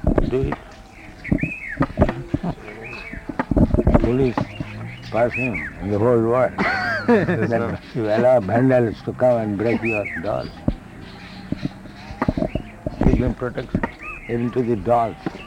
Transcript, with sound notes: Do it. ...foolish person in the whole world. [laughter] You allow vandals to come and break your dolls. ...give them protection, even to the dolls.